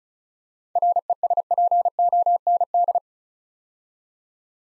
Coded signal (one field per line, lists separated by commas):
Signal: Morse code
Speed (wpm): 36 wpm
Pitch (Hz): 700 Hz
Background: none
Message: RESPOND